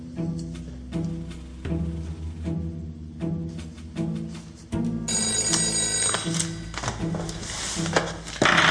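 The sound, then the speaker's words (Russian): A telephone bell rings in a steady series of short repeated bursts while an investigator awaits a booked telephone call with Voronezh, then turns into a louder, denser, continuous metallic jangle for the last few seconds. No one speaks. “В ожидании заказанного телефонного разговора с Воронежем следователь Веселков подготовил необходимые документы.”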